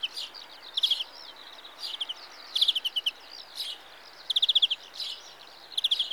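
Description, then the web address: European greenfinch calls: quick rattling trills of four to six notes repeated every couple of seconds, mixed with softer chirps and twitters, over faint background hiss. "The BBC Sound Effects Library. Greenfinch (Carduelis Chloris)"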